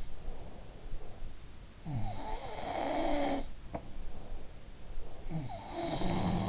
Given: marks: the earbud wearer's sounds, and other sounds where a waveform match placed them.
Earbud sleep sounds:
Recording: sounds in sleep by an in-ear microphone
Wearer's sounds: breath, teeth grinding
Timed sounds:
0.00-1.50 s: sound from someone else or the room
0.20-1.49 s: breath
1.82-4.69 s: sound from someone else or the room
3.60-3.83 s: teeth grinding
5.26-6.49 s: sound from someone else or the room

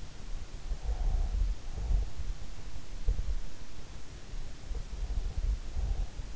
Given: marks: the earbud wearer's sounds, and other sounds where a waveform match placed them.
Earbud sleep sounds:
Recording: sounds in sleep by an in-ear microphone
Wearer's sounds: breath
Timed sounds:
0.60-2.34 s: breath
4.62-6.36 s: breath

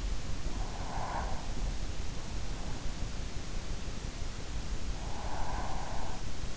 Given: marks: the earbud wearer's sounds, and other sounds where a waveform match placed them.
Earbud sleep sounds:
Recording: sounds in sleep by an in-ear microphone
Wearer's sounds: breath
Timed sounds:
0.68-1.71 s: breath
4.85-6.56 s: breath

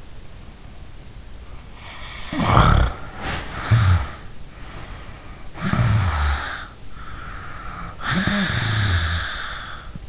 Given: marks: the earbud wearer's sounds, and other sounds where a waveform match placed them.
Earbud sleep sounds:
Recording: sounds in sleep by an in-ear microphone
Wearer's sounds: snoring breath, body movement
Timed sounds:
1.82-6.80 s: snoring breath
3.19-4.14 s: body movement
6.95-10.08 s: snoring breath

